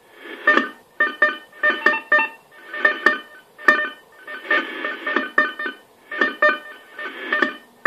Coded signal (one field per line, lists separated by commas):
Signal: unidentified radio signal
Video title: AMIS Signal der Energie AG Oberösterreich im Langwellenbereich 2014 03 15 14 49 18